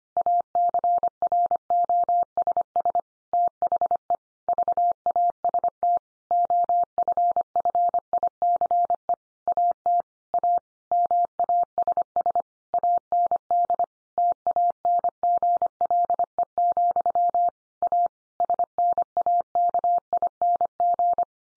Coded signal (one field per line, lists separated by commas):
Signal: Morse code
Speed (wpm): 25 wpm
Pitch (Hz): 700 Hz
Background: none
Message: ACROSS THE VAST OFFICE AT A MASS AND TANGLE, A SNAKING